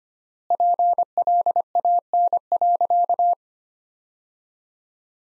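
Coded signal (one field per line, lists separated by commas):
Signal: Morse code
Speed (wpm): 25 wpm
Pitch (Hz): 700 Hz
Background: none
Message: PLAN.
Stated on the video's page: Morse sentences built from the top 500 words, sent at 25 wpm with three times standard word spacing, a word-level analogue of Farnsworth spacing, for head-copy practice.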